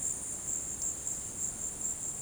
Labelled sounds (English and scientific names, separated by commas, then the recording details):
none
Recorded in dense forest near Puerto Asís, Putumayo, Colombia, on 21 February 2024 at 16:30
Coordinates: 0.486, -76.316
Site G6437